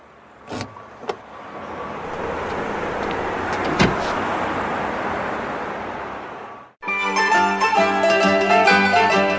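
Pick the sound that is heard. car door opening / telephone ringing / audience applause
car door opening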